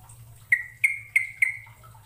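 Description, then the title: Bird calls: four abrupt, sharp whistled chips with sustained tails, repeated about three times a second, over a steady low hum. "Kicau Burung"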